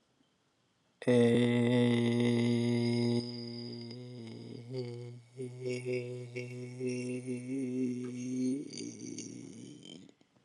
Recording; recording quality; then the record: sustained vowel as in made; excellent, no background noise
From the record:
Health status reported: healthy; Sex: male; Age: 45 years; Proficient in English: yes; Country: United States